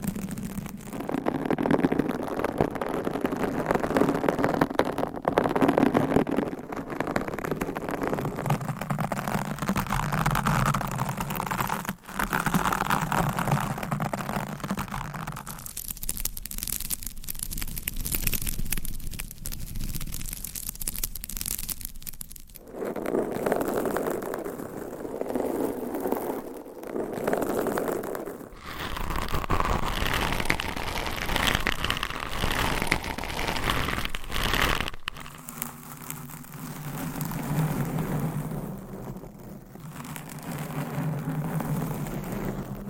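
Fingernails scratch and rub over different microphone covers in a continuous, dense rasping. The texture shifts every few seconds, from soft low rubbing to brighter, hissing scrapes, with abrupt cuts near 12, 28 and 35 seconds as the cover changes.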